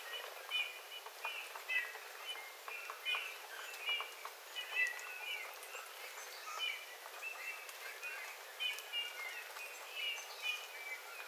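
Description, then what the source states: Eurasian bullfinch song: soft, short whistled notes in small clusters, repeated throughout, over light patter and background hiss. Several bullfinches singing; recorded 13 February 2026.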